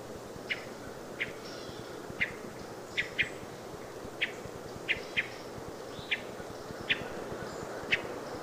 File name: American Robin